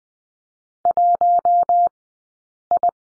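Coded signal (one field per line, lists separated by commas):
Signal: Morse code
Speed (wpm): 20 wpm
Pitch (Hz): 700 Hz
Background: none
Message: 1I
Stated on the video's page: Morse code course lesson on letter R, two-character groups, Farnsworth speed 20/10 wpm.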